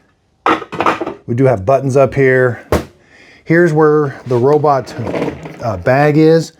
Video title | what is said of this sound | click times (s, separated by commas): How To Set Up Dreame L20 Ultra Robot Vacuum & Mop | and take the seal off the top, then push this in until it clicks like that. | 0.5 s